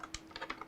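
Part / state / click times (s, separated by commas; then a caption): Ethernet cable plug into mini PC RJ45 port / not seated / none. An RJ45 Ethernet cable plug is pushed into the LAN port of an AtomMan G7 Ti mini PC (Intel i9-14900HX, RTX 4070). Several short, light plastic taps and scrapes are heard as the plug is worked against the port. The plastic latch tab does not catch, and nothing has clicked or seated.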